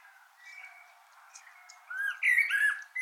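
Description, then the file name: Common blackbird song: faint soft notes at first, then a rich fluted phrase that breaks into high, squeaky twitters during the last second. "Turdus merula"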